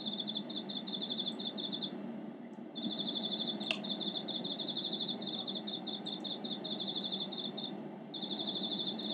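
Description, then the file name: Cricket trilling in long pulsed bursts with short breaks between them, over a continuous low background rumble and a few faint clicks. "koorogi"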